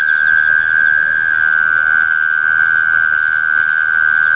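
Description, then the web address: Mole cricket song, an uninterrupted, high, even trill with a constant pitch and loudness. "sikioto insect kera"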